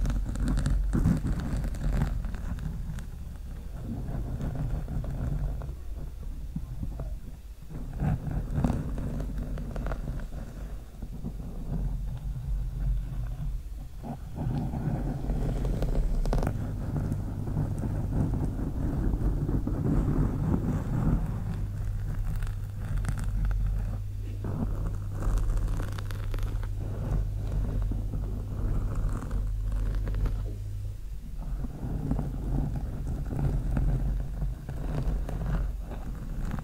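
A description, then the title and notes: Long nails scratch slowly across a microphone, making a steady, dense low rumble with rough scraping bursts and occasional brief hollow drops. SLOW MIC SCRATCHING W LONG NAILS.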